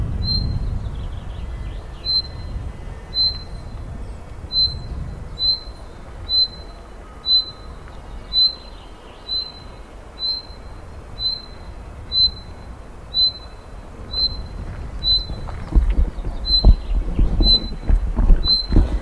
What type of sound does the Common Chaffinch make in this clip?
call